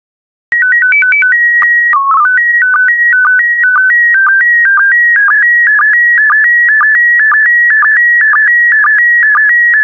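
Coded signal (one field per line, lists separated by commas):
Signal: SSTV (slow-scan television)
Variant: PD120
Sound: short stepping header tones, then a steady warbling tone broken by rapid regular clicks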